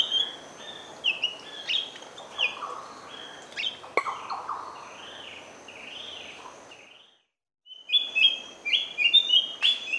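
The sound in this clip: Large-billed scrubwren calling with a busy run of high, clear chirps and short slurred whistles, some looping up and down, then a brief silence before more rapid chirping resumes.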